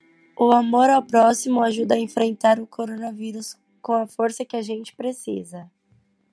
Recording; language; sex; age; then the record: spoken sentence; Brazilian Portuguese; female; 20 to 29 years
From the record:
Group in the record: control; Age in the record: 22 years